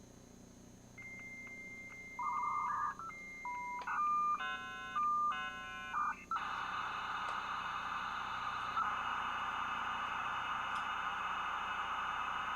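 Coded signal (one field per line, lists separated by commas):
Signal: dial-up modem handshake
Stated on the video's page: Dial-up connection through a US Robotics 56K modem on Windows 98 SE, over POTS landline or VoIP phone line.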